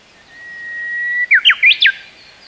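Bush warbler song: a long steady whistle gradually rising in loudness for about a second, then four quick, sharp, slurred notes in a rapid flourish.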